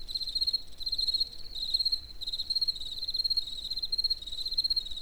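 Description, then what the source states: Cricket song of high, quick pulsed chirps in near-continuous bursts, with soft low background noise. Recorded in nature near the Eger tourist house.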